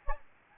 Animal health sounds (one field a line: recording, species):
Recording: mosquito wingbeat signal from an infrared sensor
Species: Anopheles gambiae